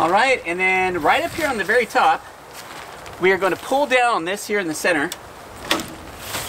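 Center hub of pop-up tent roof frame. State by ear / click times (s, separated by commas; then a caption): seated / 5.7 s. Someone talks while pulling down the center hub at the top of a Hikpeed full-size automatic pop-up truck tent. The hub locks the frame arms (lugs) into place with one sharp click at 5.7 s, and the tent roof hub is seated.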